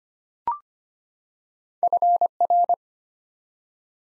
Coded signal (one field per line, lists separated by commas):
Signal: Morse code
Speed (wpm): 25 wpm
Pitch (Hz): 700 Hz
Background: none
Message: FR